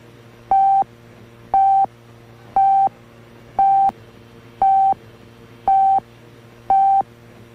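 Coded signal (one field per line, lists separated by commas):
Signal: radio time signal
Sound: seven short mid-pitched beeps, one each second, over a low hum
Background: low mains hum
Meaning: Second pulses leading up to the exact time of the hour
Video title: The National Research Council Time Signal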